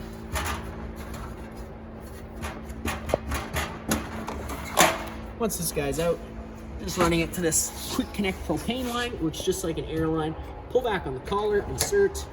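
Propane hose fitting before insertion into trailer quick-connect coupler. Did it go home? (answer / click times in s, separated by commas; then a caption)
no / none. A propane hose with its fitting is pulled out from its storage under a 2023 Chaparral 298RLS trailer, to be run to the trailer's quick-connect propane coupler. Someone talks while the hose and fittings are handled, with knocks and rattles around 3.1, 3.9, 4.3 and 4.8 seconds. Nothing has seated or clicked yet.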